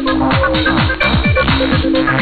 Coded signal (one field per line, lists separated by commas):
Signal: none